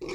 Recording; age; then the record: pig call; weaner (32 to 43 days)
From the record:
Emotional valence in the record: negative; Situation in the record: novel object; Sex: female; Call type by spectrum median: low-frequency call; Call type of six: mixed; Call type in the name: high-frequency modulated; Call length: 0.15 s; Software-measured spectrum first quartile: 361 Hz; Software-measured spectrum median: 704 Hz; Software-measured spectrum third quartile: 2735 Hz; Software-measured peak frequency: 363 Hz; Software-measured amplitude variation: 129 dB a second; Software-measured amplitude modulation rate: 23.4 a second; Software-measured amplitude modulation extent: 5.5 dB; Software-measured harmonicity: 5.3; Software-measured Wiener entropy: -3.02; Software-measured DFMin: 1159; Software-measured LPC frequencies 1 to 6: 392, 1117, 2269, 3768, 4676, 5421 Hz